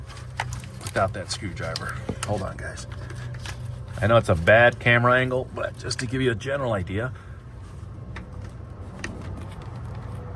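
On a DD13/DD15 engine, a lower plastic coolant line connector is pushed by hand, without a screwdriver, onto the coolant port near the air compressor at an awkward angle, with a few sharp knocks and taps over a steady low hum while someone talks. The connector has not clicked or seated, and the attempt is given up because of the awkward angle.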